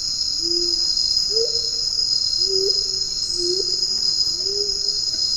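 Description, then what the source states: Black-faced coucal giving low hollow hoots, five short notes roughly one per second, some with a brief upward kick, over a steady high shrill insect chorus. Recorded on Bohol, Philippines, on 10 March 2012.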